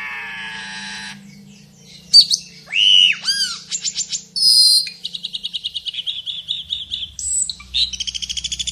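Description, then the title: Asian glossy starling song: a buzzy harsh phrase, then arched whistles, high squeaky notes and a long, rapid rattling trill. Vigorous, active singing full of mimicked song fillings ('gacor full isian teler'). "Burung Cucak Keling Gacor Full Isian Teler"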